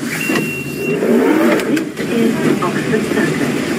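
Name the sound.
busy city street traffic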